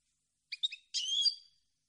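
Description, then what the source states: European goldfinch song: a short burst of three bright chirps, then a liquid twittering run, against silence. Clean goldfinch song on CD, for birds to copy as song training.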